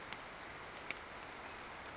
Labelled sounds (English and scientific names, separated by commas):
Western Flycatcher (Empidonax difficilis)